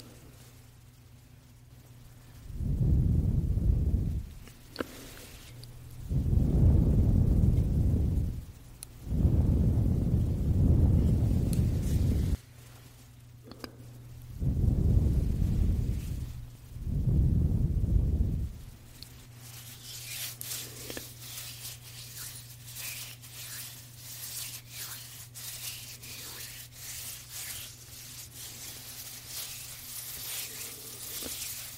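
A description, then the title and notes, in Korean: Blowing into the ear comes in five deep, rumbling gusts over the first eighteen seconds, each lasting a couple of seconds. After that, hands rub and move on the microphone in a soft, crisp, dense rustle with small clicks, over a faint steady low hum. 손소리 , 핸드무브먼트 , 이어블로잉.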